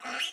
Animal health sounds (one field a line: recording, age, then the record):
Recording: pig call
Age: piglet (1 to 25 days)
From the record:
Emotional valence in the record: negative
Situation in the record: restrain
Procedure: in the arms of a person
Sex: female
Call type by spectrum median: high-frequency call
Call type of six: low-frequency tonal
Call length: 0.32 s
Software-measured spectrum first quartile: 1409 Hz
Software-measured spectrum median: 2478 Hz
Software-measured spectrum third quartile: 3203 Hz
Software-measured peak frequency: 2842 Hz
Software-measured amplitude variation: 128 dB a second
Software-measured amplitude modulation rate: 23.1 a second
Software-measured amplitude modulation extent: 5.5 dB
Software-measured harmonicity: 2.1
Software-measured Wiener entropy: -1.40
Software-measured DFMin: 731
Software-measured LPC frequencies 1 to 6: 773, 1487, 2223, 2844, 4402, 5505 Hz